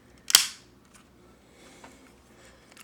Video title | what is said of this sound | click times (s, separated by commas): Robo-Dou Voltron Part 3 | until they snap into place. | 0.3 s, 0.4 s